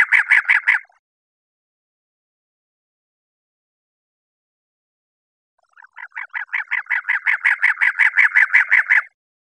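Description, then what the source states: Cactus wren call: a short burst of raspy chattering, a long silence, then a longer run of rapid grating notes that builds in strength. Recorded 24 February 2001.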